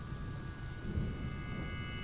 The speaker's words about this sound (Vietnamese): Tiếng sấm vang trầm lên một cái, tất cả đèn trong nhà đều tắt ngúm đi.